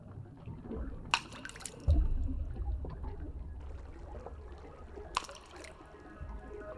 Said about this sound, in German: Du wirfst einen Stein ins Wasser, es bilden sich Kreise.